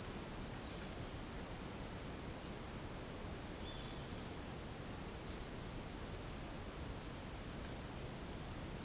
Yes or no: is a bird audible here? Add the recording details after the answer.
no. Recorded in secondary vegetation near Puerto Asís, Putumayo, Colombia, on 24 March 2025 at 09:30. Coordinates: 0.502, -76.326. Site G100